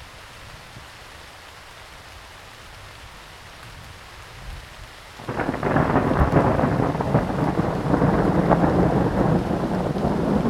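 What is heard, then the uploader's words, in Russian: A thunderstorm opens with a low, quiet rumble, then about five seconds in a loud, dense roar bursts in and stays heavy to the end. Гроза.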